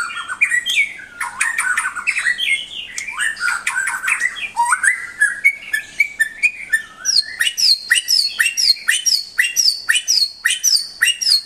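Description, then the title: White-rumped shama singing a rapid, varied stream of whistles and harsh notes, ending in a fast series of repeated high chipping notes. Master shama singing vigorously; the recording is meant to train a newly acquired shama's toughness. "mster Mnuk. Suara Murai Batu Gacor Master untuk Melatih Ketangguhan Murai Baru Milik Anda"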